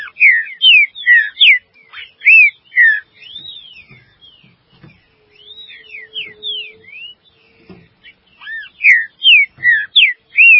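Green-winged saltator singing rich downslurred and upslurred whistles in fast bursts, with a quieter softer passage in the middle before the loud phrases return.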